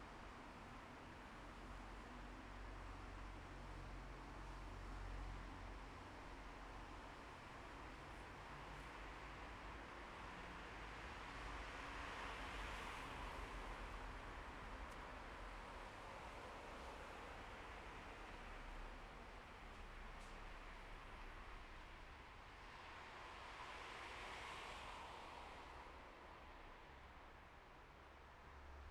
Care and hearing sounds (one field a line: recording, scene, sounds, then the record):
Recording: everyday scene through a hearing-aid microphone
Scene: in traffic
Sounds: traffic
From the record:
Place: bus stop on a city main road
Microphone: behind the ear, left, rear